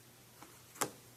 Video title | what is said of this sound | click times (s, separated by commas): Blanket Stitch Binding - Applique Version | snap it in. I heard it go in. | 0.8 s